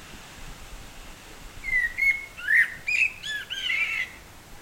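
Blackbird singing a mellow whistled phrase that breaks into several short squeaky notes and a high twittering finish, over light background hiss.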